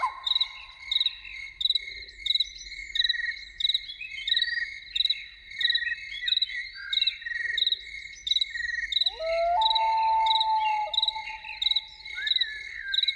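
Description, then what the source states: Loon wail rising smoothly into a long sustained clear tone near the end, with rhythmic insect chirping throughout. Evening soundscape with loons.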